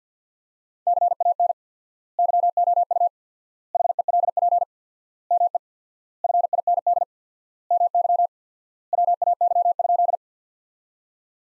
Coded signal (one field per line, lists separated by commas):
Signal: Morse code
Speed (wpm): 50 wpm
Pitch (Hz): 700 Hz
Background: none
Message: CAN YOU HELP ME FIND MY WAY?